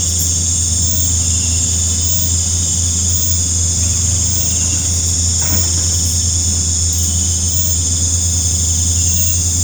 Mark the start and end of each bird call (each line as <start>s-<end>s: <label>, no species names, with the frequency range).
4.40s-4.77s: bird call (2.5-4.1 kHz)